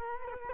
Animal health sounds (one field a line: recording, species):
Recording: mosquito wingbeat signal from an infrared sensor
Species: Culex quinquefasciatus